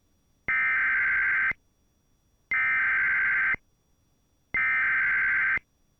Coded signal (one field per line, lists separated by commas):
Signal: Emergency Alert System (SAME) tones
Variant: header bursts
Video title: EAS 3626: Civil Emergency Message TEST For The Annual Susquehanna PA Nuclear Power Plant Siren Test